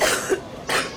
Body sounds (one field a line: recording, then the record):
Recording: coughing mixed with background sound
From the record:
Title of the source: 34 coughing up crap again